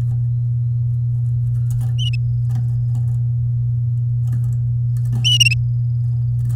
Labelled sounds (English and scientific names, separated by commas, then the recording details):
Domestic Canary (Serinus canaria) song
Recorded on 10 May 2018 at 11:16
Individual llb16